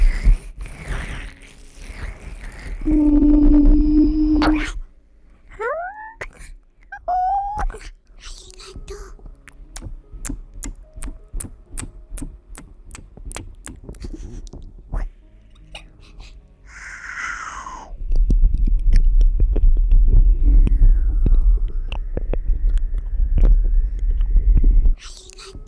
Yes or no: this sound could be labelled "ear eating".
yes